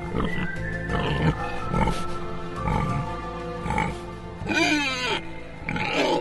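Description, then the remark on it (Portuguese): A pig grunts and oinks in a steady series of short, throaty bursts roughly once a second, broken by a louder, rising squeal-like oink toward the end. “Meu voto é do Zé do Porco. Porque ele sempre nos tratou bem. Nunca deixou faltar lavagem.”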